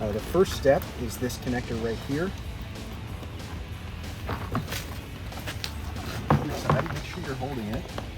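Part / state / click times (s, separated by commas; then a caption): door wiring harness connector into body-side plug / not seated / none. A door wiring harness connector on a 2014-2018 Silverado or Sierra 1500 is handled near its body-side plug while the door is being reinstalled during a towing mirror install. Someone talks, with music underneath, and several short handling knocks and taps are heard. Nothing has seated or clicked yet.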